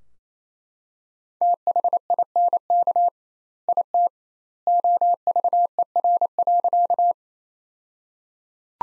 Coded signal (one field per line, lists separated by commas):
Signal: Morse code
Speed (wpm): 28 wpm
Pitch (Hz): 700 Hz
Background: none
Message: THINK IT OVER.